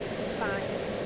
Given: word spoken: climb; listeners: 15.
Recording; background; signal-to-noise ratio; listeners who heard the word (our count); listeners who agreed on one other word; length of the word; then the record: one English word in noise, from a listening test; speech-shaped noise; -5.3 dB; 0 of 15; 6 of 15; 0.66 s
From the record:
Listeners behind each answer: 6, 3, 2, 1, 1, 1, 1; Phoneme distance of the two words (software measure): 27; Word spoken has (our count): 1 syllable, 4 phonemes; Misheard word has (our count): 1 syllable, 3 phonemes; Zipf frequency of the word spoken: 4.45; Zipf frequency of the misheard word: 5.44